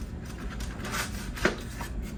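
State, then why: Seated. The two foam wing halves of a Hobbyzone 1.1m AeroScout RC trainer plane are slid together onto the joiner, making soft rubbing and sliding noises. A sharp knock at 1.5 s marks the wing halves seating against each other.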